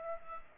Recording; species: mosquito wingbeat signal from an infrared sensor; Aedes aegypti